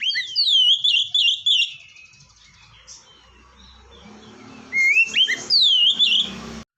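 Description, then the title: Oriental magpie-robin giving sweet, slurred whistles, a quiet gap with faint background noise, then more rising and looping whistled notes. "kacer"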